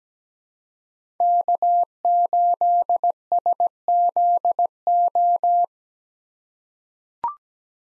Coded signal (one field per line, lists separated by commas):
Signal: Morse code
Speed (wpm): 17 wpm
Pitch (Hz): 700 Hz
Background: none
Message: K8SZO